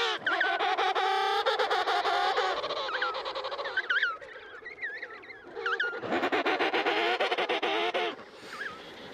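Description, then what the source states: Emperor penguin colony, many birds calling at once with loud, harsh, pulsed and wavering trumpeted calls. Colony of emperor penguins at Cape Crozier, Antarctica, studied by researchers.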